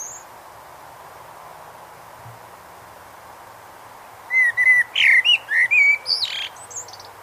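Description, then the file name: Eurasian blackbird: after several seconds of quiet, a Eurasian blackbird delivers one fluted, warbling phrase capped by a high squeaky twitter. "Turdus merula"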